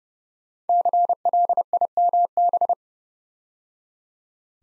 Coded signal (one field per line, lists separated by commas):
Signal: Morse code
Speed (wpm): 30 wpm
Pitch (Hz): 700 Hz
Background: none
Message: CLIMB